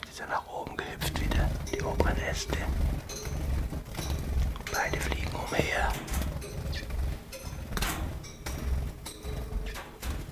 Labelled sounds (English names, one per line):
Common Chiffchaff